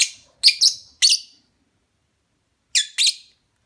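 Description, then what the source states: Lovebird chirps: a quick series of several sharp, high chirps, a pause of over a second, then a few more similar chirps. Mating call.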